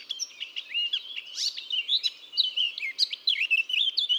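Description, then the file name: Eurasian blackcap song, a continuous busy warble of twittering and squeaky notes with a few clearer whistles mixed in. "Sylvia atricapilla"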